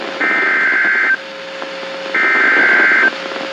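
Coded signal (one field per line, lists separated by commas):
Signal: Emergency Alert System (SAME) tones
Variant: header bursts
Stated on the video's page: Severe Thunderstorm Warning from weather radio station WXK22.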